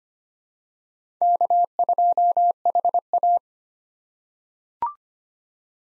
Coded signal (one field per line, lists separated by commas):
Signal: Morse code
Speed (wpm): 25 wpm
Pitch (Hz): 700 Hz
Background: none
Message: K2HA